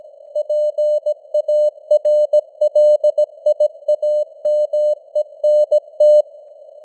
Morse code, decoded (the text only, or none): PARLIAMENT